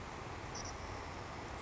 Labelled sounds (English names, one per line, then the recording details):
Savannah Sparrow
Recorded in Sonoma County, California